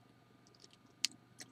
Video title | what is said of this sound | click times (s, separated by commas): How To Make "LOW COST" Fancy Wire Earrings Hoops & Dangles | Hear it pop. | 1.0 s